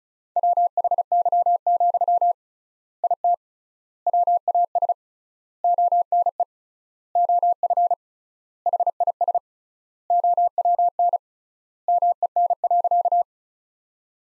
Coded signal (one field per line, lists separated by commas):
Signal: Morse code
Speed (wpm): 36 wpm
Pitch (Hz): 700 Hz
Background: none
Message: WHY, IT WAS ONE OF HIS OWN MEN.